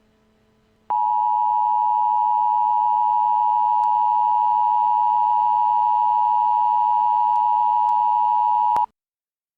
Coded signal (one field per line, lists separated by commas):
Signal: Emergency Alert System (SAME) tones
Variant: 853 and 960 Hz attention tone